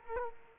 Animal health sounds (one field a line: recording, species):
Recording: mosquito wingbeat signal from an infrared sensor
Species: Culex quinquefasciatus